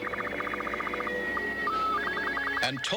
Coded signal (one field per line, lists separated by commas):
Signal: SSTV (slow-scan television)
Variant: Robot 12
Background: speech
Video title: New World of Amateur Radio